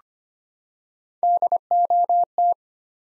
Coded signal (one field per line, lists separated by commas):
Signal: Morse code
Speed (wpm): 25 wpm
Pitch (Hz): 700 Hz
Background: none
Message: DOT